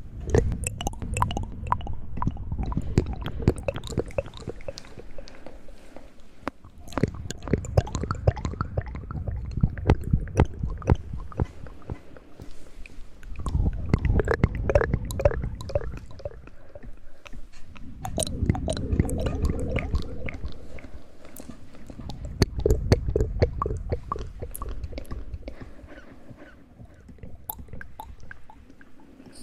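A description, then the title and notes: Wet mouth sounds of chewing and squishing come in bursts of dense clicks and smacks, with short quieter pauses around 6, 13, 17 and 26 seconds. The clicks are sharp and crisp over a soft low rumble, and the rhythm stays busy throughout. ASMR Mouth Sounds.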